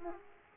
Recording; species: mosquito wingbeat signal from an infrared sensor; Aedes aegypti